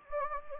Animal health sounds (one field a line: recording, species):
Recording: mosquito wingbeat signal from an infrared sensor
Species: Anopheles gambiae